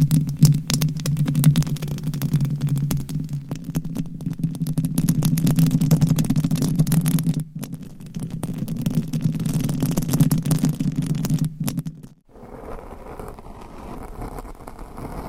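Mic covers are scratched and rubbed with nails, giving a dense, constant crackle over a heavy low rumble for about twelve seconds. The rubbing briefly stops near seven and a half seconds, then resumes. After twelve seconds it drops to a quieter, softer brushing.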